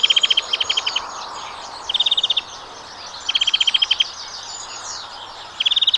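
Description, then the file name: European greenfinch calling in quick metallic trills, bursts of evenly spaced notes returning every one to two seconds, with twittering behind. "Chloris chloris"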